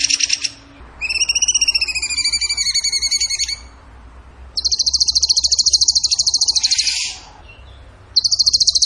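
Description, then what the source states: Bird song beginning with a rippling, slightly wavering whistled trill with layered overtones, then a long, fast, shrill rattle, another starting at the end. Masteran (training song for caged songbirds) in the tembakan gacor song style.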